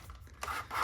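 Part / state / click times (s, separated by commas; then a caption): repaired plastic part held with a Velcro cord wrap on an upright vacuum / not seated / none. A repaired plastic part on a Hoover WindTunnel 3 High Performance Pet upright vacuum, a broken piece held with a Velcro-type cord wrap threaded through it, is fitted back on. Soft rubbing and small taps are heard, with a louder rasping rub from about 0.4 s. No latch click is heard: the part no longer clicks into place as it used to, but it is held securely.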